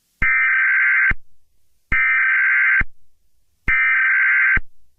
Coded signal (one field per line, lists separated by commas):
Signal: Emergency Alert System (SAME) tones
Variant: header bursts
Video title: Eas scenario: Texan super storm